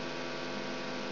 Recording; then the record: brain microelectrode recording played as sound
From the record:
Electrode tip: outside the subthalamic nucleus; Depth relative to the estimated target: -4 mm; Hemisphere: left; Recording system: AlphaMap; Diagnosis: Parkinson's disease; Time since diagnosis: 16 years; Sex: female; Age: 67 years